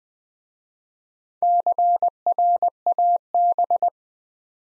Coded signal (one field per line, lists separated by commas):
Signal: Morse code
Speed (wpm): 20 wpm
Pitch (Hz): 700 Hz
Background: none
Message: CRAB